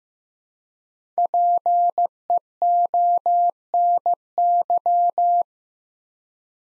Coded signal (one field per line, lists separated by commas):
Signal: Morse code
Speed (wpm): 15 wpm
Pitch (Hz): 700 Hz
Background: none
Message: PEONY